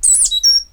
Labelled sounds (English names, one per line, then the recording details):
Stitchbird song
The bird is a male
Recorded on Tiritiri Matangi Island, New Zealand, in 2005
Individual 8, of nest box 10